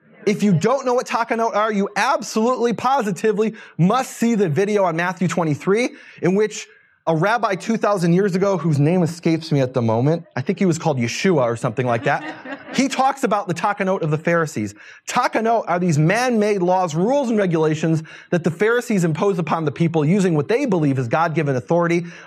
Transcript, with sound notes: If you don’t know what takanot are, you absolutely, positively must see the video on Matthew 23, in which a rabbi 2,000 years ago – whose name escapes me at the moment – I think he was called Yeshua, or something like that, [laughter] he talks about the takanot of the Pharisees. Takanot are these man-made laws, rules and regulations that the Pharisees imposed upon the people, using what they believe is God-given authority.